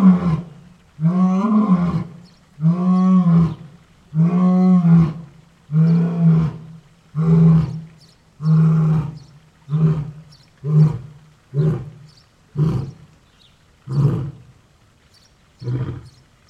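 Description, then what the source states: Lion roaring in a series of grunting bursts, first long and full, then shorter and quicker, fading toward the end. African lion roaring.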